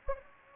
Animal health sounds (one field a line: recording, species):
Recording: mosquito wingbeat signal from an infrared sensor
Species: Anopheles gambiae